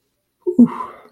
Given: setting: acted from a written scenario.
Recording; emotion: vocal sound without words; relief